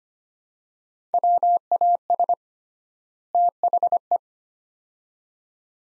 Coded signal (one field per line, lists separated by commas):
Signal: Morse code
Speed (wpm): 25 wpm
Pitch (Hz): 700 Hz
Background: none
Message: WAS THE